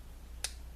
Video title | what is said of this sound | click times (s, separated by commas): Rebuilding Brake Calipers on the 2004 Dodge Dakota. | Come on. It just You heard that little pop? | 0.4 s